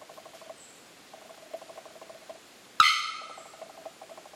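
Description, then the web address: Bearded bellbird giving a single explosive, ringing bock note midway, with soft rapid chattering notes before and after. "bearded bellbird. صدای-پرنده-زنگمرغ-ریشدار"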